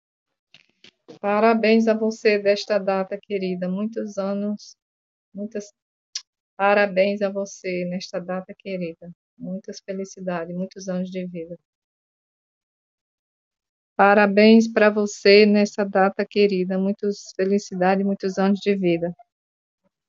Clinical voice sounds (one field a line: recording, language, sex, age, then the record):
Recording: short text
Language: Brazilian Portuguese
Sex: female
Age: 50 to 59 years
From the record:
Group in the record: control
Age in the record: 58 years